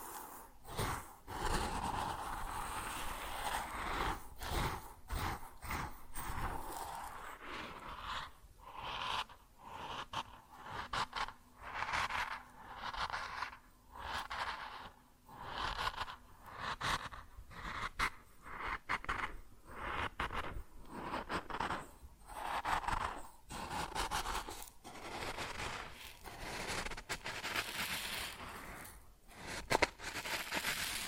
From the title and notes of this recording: ASMR Grain Sounds (No Talking).